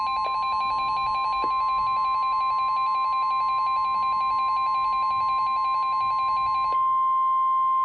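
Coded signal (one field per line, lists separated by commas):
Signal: Emergency Alert System (SAME) tones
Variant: 1050 Hz attention tone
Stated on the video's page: Real NOAA Weather Radio alerts from two transmitters, received on a Reecom R1630 with an external antenna; one transmitter's signal sounds poor.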